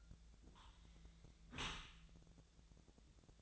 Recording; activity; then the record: daily activity, microphone in the room; close dishwasher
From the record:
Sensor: 3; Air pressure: 1000.5 hPa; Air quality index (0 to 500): 176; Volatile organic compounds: 3 ppm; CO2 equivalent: 1525 ppm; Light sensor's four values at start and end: 14/36/14/16 and 14/36/14/16